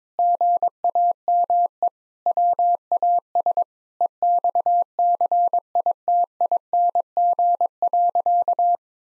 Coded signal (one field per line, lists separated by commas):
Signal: Morse code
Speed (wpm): 21 wpm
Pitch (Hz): 700 Hz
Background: none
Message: GAME WAS EXCITING.